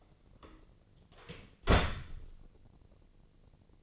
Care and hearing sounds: daily activity, microphone in the room; close door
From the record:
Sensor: 4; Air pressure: 1013.2 hPa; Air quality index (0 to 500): 178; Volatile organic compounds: 2 ppm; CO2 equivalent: 1122 ppm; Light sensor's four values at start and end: 105/263/109/117 and 78/191/81/82

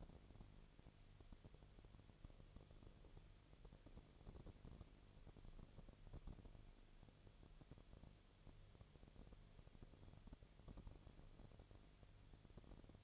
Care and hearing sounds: daily activity, microphone in the room; no activity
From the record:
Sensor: 4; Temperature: 22.4 degrees Celsius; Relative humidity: 31.1%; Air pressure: 1004.1 hPa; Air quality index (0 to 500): 86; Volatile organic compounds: 1 ppm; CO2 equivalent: 772 ppm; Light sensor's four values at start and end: 2/3/1/1 and 2/3/1/1

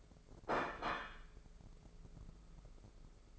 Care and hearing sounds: daily activity, microphone in the room; place plate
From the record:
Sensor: 5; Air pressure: 1015.1 hPa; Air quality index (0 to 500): 207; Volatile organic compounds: 11 ppm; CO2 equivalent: 2268 ppm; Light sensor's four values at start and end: 77/180/77/84 and 77/180/77/84

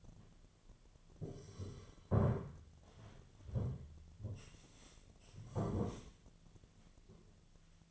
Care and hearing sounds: daily activity, microphone in the room; sit down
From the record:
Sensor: 4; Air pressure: 1008.9 hPa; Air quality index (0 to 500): 171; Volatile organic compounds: 5 ppm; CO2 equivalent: 1714 ppm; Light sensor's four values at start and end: 23/73/28/27 and 23/73/28/27

